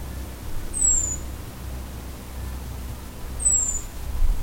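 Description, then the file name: European robin uttering two sharp, very high descending 'tseee' notes about three seconds apart over a low background rumble. "Erithacus rubecula"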